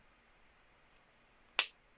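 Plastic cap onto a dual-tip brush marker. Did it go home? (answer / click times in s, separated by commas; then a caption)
yes / 1.6 s. A plastic cap with a circle inside that fits over the pen end is pushed onto a dual-tip brush marker. After quiet background hiss, one short, sharp click sounds at 1.6 s as the cap seats onto the pen.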